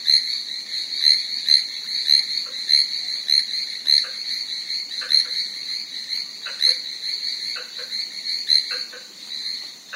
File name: chinese tree frog